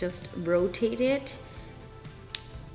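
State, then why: Released. Someone talks while the bit-lock collar on a Cheri Super VIP 4000M professional cordless nail drill handpiece is rotated counterclockwise to the unlock setting so the bit can be removed. A sharp little click is heard at 2.4 s as the collar reaches unlock, releasing the bit.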